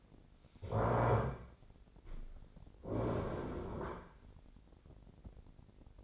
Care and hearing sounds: daily activity, microphone in the room; stand up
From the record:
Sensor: 5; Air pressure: 1009.4 hPa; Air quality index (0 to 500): 154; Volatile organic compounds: 2 ppm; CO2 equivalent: 1182 ppm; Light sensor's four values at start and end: 283/678/289/317 and 284/678/289/318

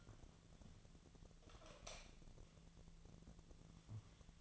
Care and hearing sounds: daily activity, microphone in the room; light on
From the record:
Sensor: 4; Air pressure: 1000.8 hPa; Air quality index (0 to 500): 126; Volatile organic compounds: 1 ppm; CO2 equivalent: 947 ppm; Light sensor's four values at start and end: 35/85/36/39 and 37/92/38/42

